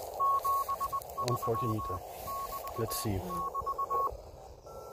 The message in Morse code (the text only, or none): 73<BT><BT>